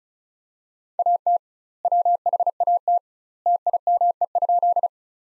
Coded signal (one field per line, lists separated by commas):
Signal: Morse code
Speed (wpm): 36 wpm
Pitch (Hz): 700 Hz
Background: none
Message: AT WHAT TIME?